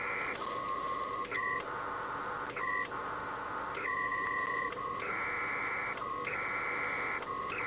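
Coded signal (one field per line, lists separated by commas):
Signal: HF data modem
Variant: PACTOR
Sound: rhythmic alternating bursts of hissy data and paired warbling tones, repeating every second or so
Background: radio static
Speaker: okay i think the message was sent already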